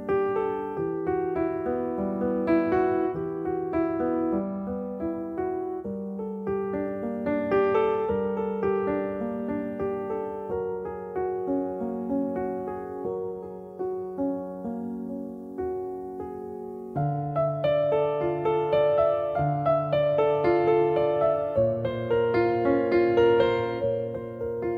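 Calm piano music plays gentle chords and a soft melody at an even pace, growing fuller and brighter after about seventeen seconds.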